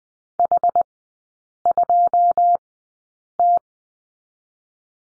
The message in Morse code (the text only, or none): H2T